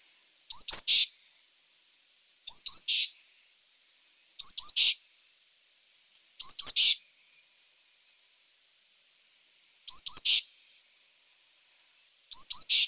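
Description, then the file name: Eurasian blue tit calling with short, high, thin double notes, each followed by a brief buzzy note. The phrase repeats several times at uneven intervals in a quiet background. "Cyanistes caeruleus"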